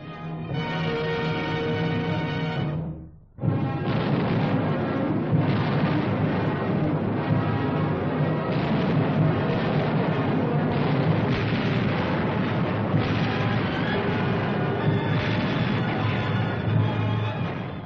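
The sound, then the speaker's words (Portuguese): Artillery cannons boom over Berlin in a dense, continuous barrage, heavy low rumbling blasts blending into one another, broken only by a brief lull early on before the pounding resumes at full strength. “O dia todo e a noite toda os canhões estrondam.”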